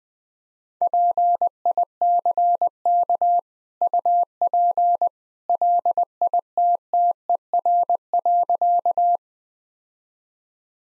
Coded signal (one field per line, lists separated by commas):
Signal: Morse code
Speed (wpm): 20 wpm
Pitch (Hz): 700 Hz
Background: none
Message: PICK UP LITTER.